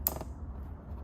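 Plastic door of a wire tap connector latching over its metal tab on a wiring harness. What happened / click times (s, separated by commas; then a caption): The wire tap connector door clicked shut / 0.1 s, 0.2 s. The hinged plastic door of an insulation-displacement wire tap connector is pressed shut over the metal blade tab on a wire in a Smart Fortwo's wiring harness, latching to keep the tab from backing out. A sharp, bright click at 0.1 s is followed by a softer second click at 0.2 s over a steady low hum. The door is seated and latched closed.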